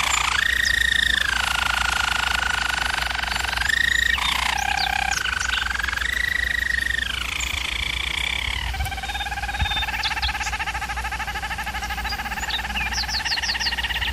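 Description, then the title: German Roller canary singing smooth, sustained rolling tours that rise and fall between pitches, later turning into a fast, even trill, above a steady low hum. Canary training recording of a German Roller canary singing. "German Roller Canary Singing - Canary Training Vid"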